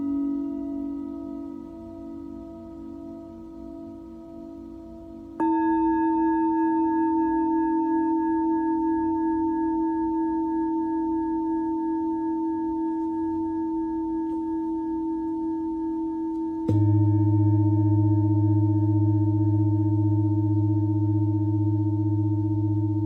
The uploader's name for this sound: Tibetan Singiing Bowl